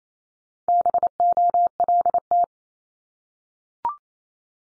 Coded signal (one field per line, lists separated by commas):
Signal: Morse code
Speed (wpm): 28 wpm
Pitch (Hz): 700 Hz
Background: none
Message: BOLT